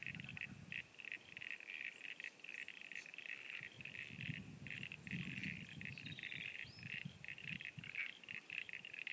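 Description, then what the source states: High pulsing frog calls in short bursts and longer runs, over a background of low rumbling noise. At Sunny Corner.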